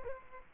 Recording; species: mosquito wingbeat signal from an infrared sensor; Culex quinquefasciatus